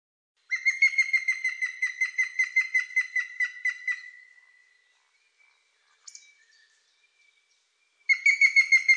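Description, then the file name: Grey-headed woodpecker: a long series of clear notes near one pitch, sinking slightly and fading, then a new series after a quiet pause. "dzieciolzielonosiwy"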